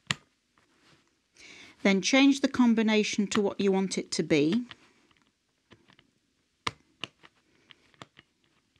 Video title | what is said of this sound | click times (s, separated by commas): How to Set the Lock on an American Tourister Soundbox Suitcase | you get your little blunt instrument and there's a little button here press it until it clicks then | 0.1 s